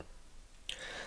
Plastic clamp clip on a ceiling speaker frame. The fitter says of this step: when you start tightening it up the first thing what happens is the clip itself locks into place like that